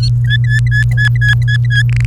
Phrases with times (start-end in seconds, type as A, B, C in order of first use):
0.24-1.82 A, 1.89-2.05 B